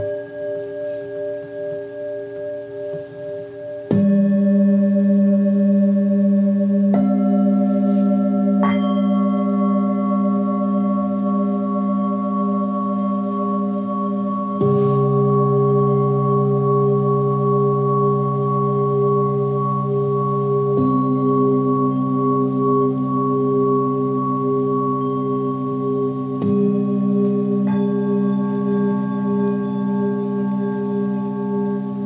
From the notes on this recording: the Hang drum, the Native American Flute, Balinese Cowbells, Tibetan Singing Bowls, Koshi Bamboo Chimes, & A Therapeutic Lap Harp